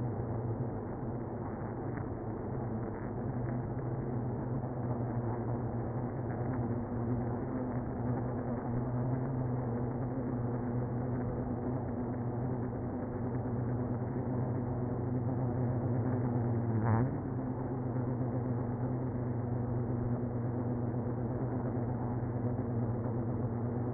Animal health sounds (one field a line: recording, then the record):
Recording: honeybee colony, microphone inside the hive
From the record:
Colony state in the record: queenless (queen removed)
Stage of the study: after two queens were removed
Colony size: about 60,000 bees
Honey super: yes